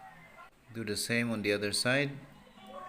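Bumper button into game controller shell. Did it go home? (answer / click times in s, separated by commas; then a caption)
no / none. Someone talks while a plastic bumper button is handled on the other side of an Xbox controller shell during a repair. Nothing has seated or clicked into place yet.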